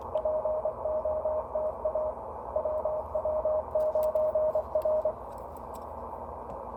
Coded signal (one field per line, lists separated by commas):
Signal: Morse code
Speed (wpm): 22 wpm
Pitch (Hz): 620 Hz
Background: radio noise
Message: POTA WW9R